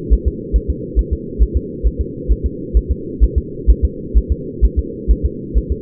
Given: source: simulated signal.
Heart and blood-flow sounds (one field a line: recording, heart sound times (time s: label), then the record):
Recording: fetal heart sounds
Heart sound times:
0.13 s: S1
0.28 s: S2
0.56 s: S1
0.70 s: S2
0.99 s: S1
1.13 s: S2
1.42 s: S1
1.57 s: S2
1.87 s: S1
2.01 s: S2
2.31 s: S1
2.46 s: S2
2.77 s: S1
2.91 s: S2
3.23 s: S1
3.38 s: S2
3.70 s: S1
3.85 s: S2
4.17 s: S1
4.32 s: S2
4.64 s: S1
4.79 s: S2
5.11 s: S1
5.26 s: S2
5.58 s: S1
5.72 s: S2
From the record:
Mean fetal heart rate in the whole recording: 135 bpm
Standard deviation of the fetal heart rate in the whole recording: 3 bpm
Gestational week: 34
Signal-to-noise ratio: -4.1 dB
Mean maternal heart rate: no maternal heart sound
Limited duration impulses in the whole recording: absent